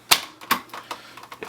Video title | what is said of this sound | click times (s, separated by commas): Transformers Encore: Fortress Maximus - SSJ Reviews 397 | take this piece here fold it down to till it clicks | 0.1 s